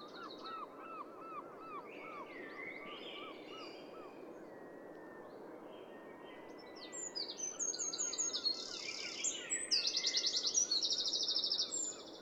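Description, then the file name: Eurasian wren calling with fast high buzzy trills in the final seconds, after a run of lower repeated looping notes from another bird, over constant background hiss. "Troglodytes troglodytes"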